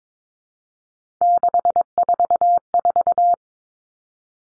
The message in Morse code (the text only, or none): 644